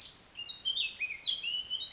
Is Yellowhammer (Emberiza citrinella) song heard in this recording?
no